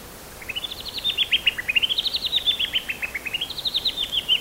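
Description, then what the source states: Black-throated honeyeater calling: quick runs of sharp, clipped notes that climb and then dip in pitch, repeated in three wavy phrases. Papua New Guinea.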